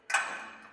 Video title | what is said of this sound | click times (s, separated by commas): Toyota Custom Hi-Clearance Rear Bumper - 10 min Walkaround | will lock into place automatically | 0.2 s